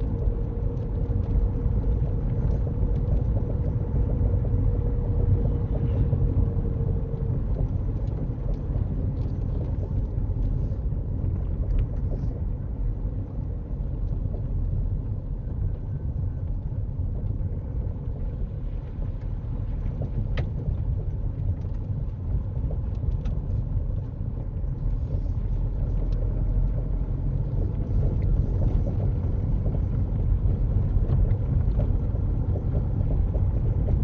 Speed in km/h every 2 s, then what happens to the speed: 40, 40, 39, 37, 31, 27, 23, 19, 21, 21, 21, 21, 23, 24, 24, 23, 32.
0-5 steady at about 40. 5-14 slows to 19. 14-34 steady at about 21.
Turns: none.